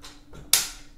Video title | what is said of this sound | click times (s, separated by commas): MASSIVE 145 Inch 4K Projector Screen Epson 4050 Klipsch 5.1.2 DOLBY ATMOS & SONOS | then and then it's not secure until you actually slide that lock into place | 0.5 s